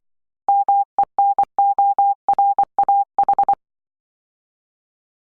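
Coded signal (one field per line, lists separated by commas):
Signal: Morse code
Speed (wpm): 24 wpm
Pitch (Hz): 800 Hz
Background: none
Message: MENORAH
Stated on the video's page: Morse code practice drill on letters D, K, G, O, H.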